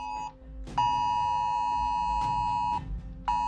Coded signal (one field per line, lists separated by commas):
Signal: Emergency Alert System (SAME) tones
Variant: 853 and 960 Hz attention tone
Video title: Top 15 Scary Emergency Alerts Broadcast Live Reaction